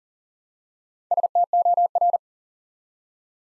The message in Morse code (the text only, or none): STOR